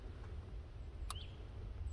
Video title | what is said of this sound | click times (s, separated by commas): EVAP System Leak Triggers Check Engine Light. What to look for and how to fix it. | and plug it back up, and you'll hear another click. | 1.1 s